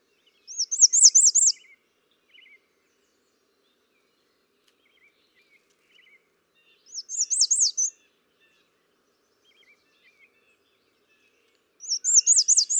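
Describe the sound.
American redstart singing three short, high-pitched phrases of rapid sibilant notes, several seconds apart, the last cut off at the end.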